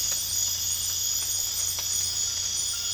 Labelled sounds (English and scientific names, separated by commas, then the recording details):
none
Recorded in dense forest near Puerto Asís, Putumayo, Colombia, on 8 March 2025 at 01:30
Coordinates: 0.484, -76.325
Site G045